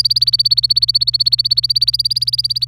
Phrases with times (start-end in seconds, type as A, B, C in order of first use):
0.00-2.67 A